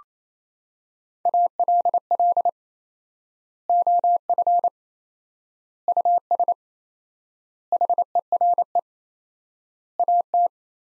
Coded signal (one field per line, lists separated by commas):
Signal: Morse code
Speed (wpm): 28 wpm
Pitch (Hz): 700 Hz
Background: none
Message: ALL OF US HERE AT